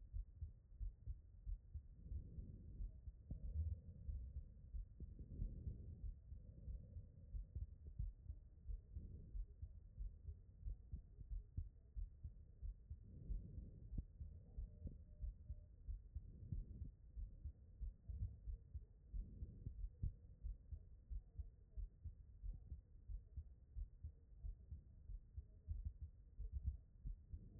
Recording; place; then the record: heart sounds by stethoscope; aortic valve (AV)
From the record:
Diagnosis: non-HFrEF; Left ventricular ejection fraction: 47%